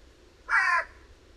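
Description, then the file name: Eurasian jay giving a single harsh, rasping screech lasting about a third of a second, broad and noisy, with nothing else audible but faint low background hum. "Garrulus glandarius"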